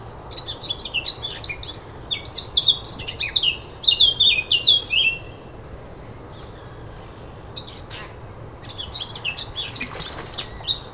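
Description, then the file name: Eurasian blackcap warbling phrase of rapid, clear, slurred notes lasting a few seconds, followed by quieter scattered chirps and a constant low rumble. "Sylvia atricapilla"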